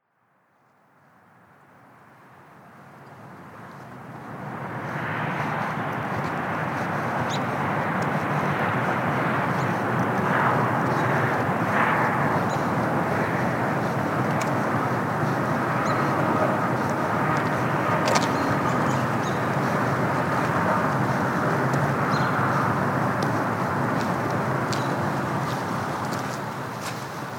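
A walk along a creek trail through the woods. A dense, steady rushing sound swells up over the first five seconds, then holds constant with a low rumble underneath. Occasional sharp clicks and taps break through, and the sound eases slightly at the end.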